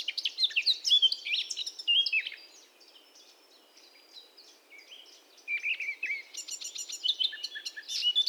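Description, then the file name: Eurasian blackcap song, a loud warbled phrase of mixed chirps and whistles, a lull of soft notes, then a second lively warbling phrase. "Sylvia atricapilla"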